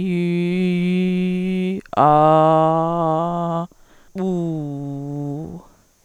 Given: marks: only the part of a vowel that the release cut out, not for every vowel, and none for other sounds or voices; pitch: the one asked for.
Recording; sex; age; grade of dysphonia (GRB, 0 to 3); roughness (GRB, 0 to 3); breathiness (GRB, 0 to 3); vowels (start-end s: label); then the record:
sustained vowels; female; 40 to 49 years; 0; 0; 0
0.21-1.61 s: vowel /i/, low pitch
2.21-3.47 s: vowel /a/, low pitch
4.31-5.34 s: vowel /u/, low pitch
From the record:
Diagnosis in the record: hyperfunctional dysphonia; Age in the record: 46 years